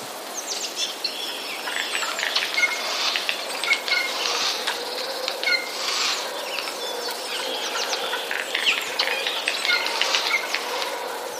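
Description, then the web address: Eurasian jay giving chattering calls in dense, repeated bursts throughout, with thin high notes mixed in. Chatter of jays, recorded 31 March 2013. "wroblowe ostrzegator szczebiot sojek 31 03 2013"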